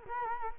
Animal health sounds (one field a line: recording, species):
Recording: mosquito wingbeat signal from an infrared sensor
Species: Culex quinquefasciatus